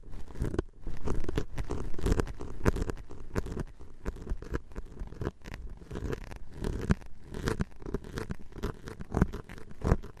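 Tapping and scratching go on without a break, a dense run of quick, uneven taps with rough scraping between them. Sharp bright clicks stand out over a fuller low rustle, a little heavier in the first three seconds, then steady to the end.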